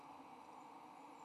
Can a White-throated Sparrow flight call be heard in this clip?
no